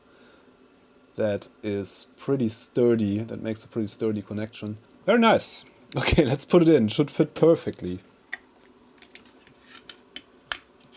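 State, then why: Seated. Someone talks while a new high-voltage snap-in electrolytic capacitor is pushed into its holes on a power supply circuit board during an Amiga 1000 restoration. After the talking stops, a few small ticks from the handling come before a sharp snap at 10.5 s. The capacitor's snap-in legs lock, and it is seated.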